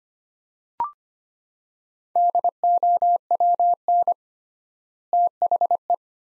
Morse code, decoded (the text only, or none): DOWN THE